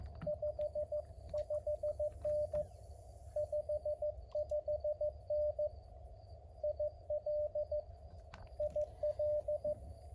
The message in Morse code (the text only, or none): 55N 55N IL IL